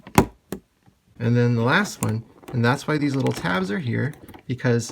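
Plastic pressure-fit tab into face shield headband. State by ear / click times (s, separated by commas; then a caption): seated / 0.2 s. A second plastic pressure-fit tab of a face shield is snapped into the headband, giving a sharp click at 0.2 s that seats it, with a fainter tap just before it and another short tap at 0.5 s. Someone then talks about moving on to the last tab.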